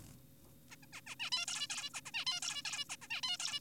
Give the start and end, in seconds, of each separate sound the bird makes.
0.70-0.76, 0.83-0.86, 0.93-1.01, 1.07-1.15, 1.20-1.30, 1.32-1.46, 1.48-1.67, 1.70-1.90, 1.94-2.01, 2.06-2.12, 2.14-2.25, 2.27-2.40, 2.42-2.62, 2.65-2.85, 2.90-2.96, 3.02-3.08, 3.10-3.21, 3.23-3.37, 3.40-3.60